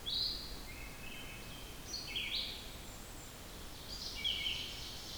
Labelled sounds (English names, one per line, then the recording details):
Red-eyed Vireo song
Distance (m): 40 m
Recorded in boreal forest in Alberta, Canada, on 14 June 2016 at 06:22
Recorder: SongMeter 3, array SBT-3-33
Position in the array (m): 154 m, 180 m